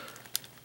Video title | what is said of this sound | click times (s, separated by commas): Collectible Spot - Hot Toys Captain America The Winter Soldier Falcon Sixth Scale Figure | that just snaps into place and there you have Falcon with wings intact | 0.4 s